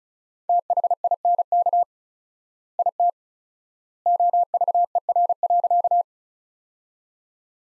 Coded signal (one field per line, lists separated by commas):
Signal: Morse code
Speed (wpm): 36 wpm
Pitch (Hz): 700 Hz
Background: none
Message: THINK IT OVER.